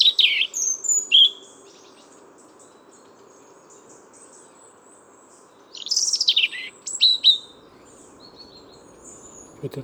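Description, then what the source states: European Robin song: two bursts of thin, high, tumbling warbled phrases with sliding notes, separated by a few seconds of near silence. Autumn; woodland park in Paris, France; very unusual song, perhaps from a young male; the song is far from fully developed.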